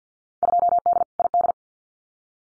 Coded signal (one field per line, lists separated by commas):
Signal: Morse code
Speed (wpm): 50 wpm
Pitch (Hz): 700 Hz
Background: none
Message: 2D ID